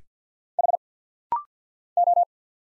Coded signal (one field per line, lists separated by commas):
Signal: Morse code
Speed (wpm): 50 wpm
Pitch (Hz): 700 Hz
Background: none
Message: H O